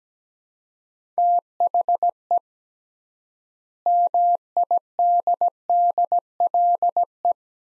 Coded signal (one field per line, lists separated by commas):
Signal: Morse code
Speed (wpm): 17 wpm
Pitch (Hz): 700 Hz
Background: none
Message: THE MIDDLE